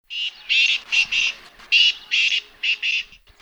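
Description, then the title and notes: Black francolin scratchy call: a quick series of several loud, harsh, metallic syllables. Scratchy calls of black francolins, described as a common game bird. "Thanks to the Macaulay Library at the Cornell Laboratory of Ornithology for these recordings of black francolins"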